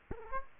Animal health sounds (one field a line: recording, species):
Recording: mosquito wingbeat signal from an infrared sensor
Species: Aedes aegypti